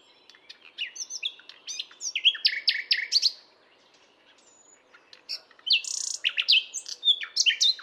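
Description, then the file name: Common nightingale song: varied phrases of sharp chirps, whistles and buzzy trills in rapid bursts, a pause of about two seconds, then more rich, rapid phrases. "Luscinia megarhynchos"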